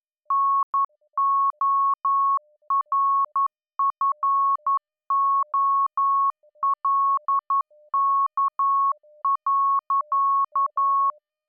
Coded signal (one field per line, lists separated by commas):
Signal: Morse code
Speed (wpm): 11 wpm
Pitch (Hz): 1100 Hz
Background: none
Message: NORFOLK.